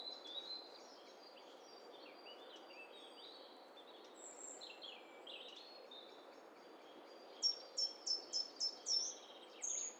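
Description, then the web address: Birds calling together: scattered high chirps and warbled notes, then a run of about six sharp, evenly spaced chirps near the end, over a steady hiss. Several birds calling at once. "Hi Fi STEREO BIRD COCKTAIL PARTY Challenge"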